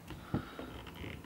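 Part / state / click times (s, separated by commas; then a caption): screw-on stopper on a sparkling wine bottle / not seated / none. A screw-on resealing stopper is turned onto a bottle of Wycliff Brut American sparkling wine, meant to be screwed in until it clicks twice. Only soft handling noise is heard, with a dull low thump near 0.3 s and a lighter knock around 0.6 s. Nothing has clicked or seated yet.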